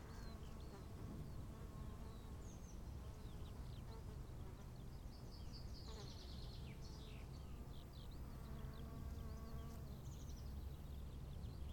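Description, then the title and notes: Bees hum continuously in a low drone while birds chirp and twitter above, and wind rumbles throughout. Bees at 15:15 on a field path to the Bruder-Klaus chapel in Wachendorf, with birds, wind and quiet. "wachendorf, feldweg. 15:15 feldweg zur bruder-klaus-kapelle, bienen, vögel, wind, stille"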